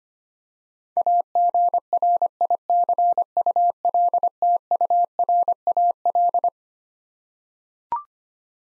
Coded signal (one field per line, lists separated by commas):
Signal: Morse code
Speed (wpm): 25 wpm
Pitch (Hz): 700 Hz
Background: none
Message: AGRICULTURAL